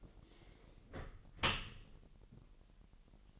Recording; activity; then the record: daily activity, microphone in the room; close dishwasher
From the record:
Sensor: 4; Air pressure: 1001.5 hPa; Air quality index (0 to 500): 248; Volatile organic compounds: 42 ppm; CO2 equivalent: 3174 ppm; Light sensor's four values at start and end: 8/18/7/6 and 8/18/7/6